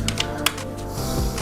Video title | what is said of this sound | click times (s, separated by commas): Gimbal Unboxing (Ai Face Tracking Gimbal)- (vloging, shoots) | lock అయిపోయింది. | 0.5 s